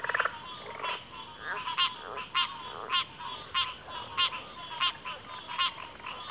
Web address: Natures Songs Sleep Sounds of Nature CRICKETS Backwater Chorus